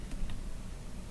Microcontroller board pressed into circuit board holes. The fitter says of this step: yeah and then they just click right in and then you have your pico